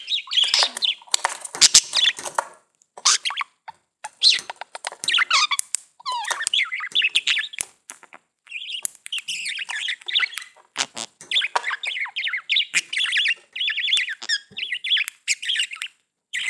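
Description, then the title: Budgerigar warbling, a near-continuous stream of rapid chirps, clicks and squeaky whistled notes, only briefly interrupted by short pauses. "Budgie Sounds"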